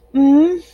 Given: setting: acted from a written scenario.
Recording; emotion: vocal sound without words; elation